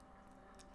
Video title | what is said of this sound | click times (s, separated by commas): PowerA Joy-Con Comfort Grip Nintendo Switch Review - My2Cents | it does get a nice good solid click in | 0.6 s